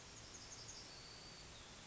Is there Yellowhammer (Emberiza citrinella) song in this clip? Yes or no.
yes